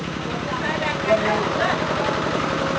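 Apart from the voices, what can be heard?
car engine idling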